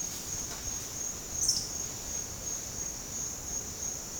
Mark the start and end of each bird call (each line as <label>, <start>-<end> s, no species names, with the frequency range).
bird call (3.8-10.7 kHz), 1.39-1.70 s